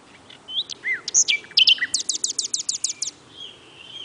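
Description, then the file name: Common nightingale phrase: a few whistled and slurred notes, then a rapid run of about eight identical sharp, high notes. "Luscinia megarhynchos"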